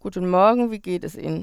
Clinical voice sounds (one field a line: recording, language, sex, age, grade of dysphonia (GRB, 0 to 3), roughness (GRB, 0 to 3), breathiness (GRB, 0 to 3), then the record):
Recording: spoken sentence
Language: German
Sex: female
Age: 40 to 49 years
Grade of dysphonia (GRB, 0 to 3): 2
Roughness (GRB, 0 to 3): 0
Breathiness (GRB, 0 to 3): 0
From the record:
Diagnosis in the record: functional dysphonia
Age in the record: 46 years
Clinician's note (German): Enge Artikulation